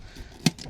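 The trigger on a water hose coupling is pulled to release it from the side water inlet socket of a 2010 Sterling Europa 550 caravan, giving a sharp click at 0.5 s followed by a fainter tick at 0.6 s. The coupling is then wiggled out, and it is released.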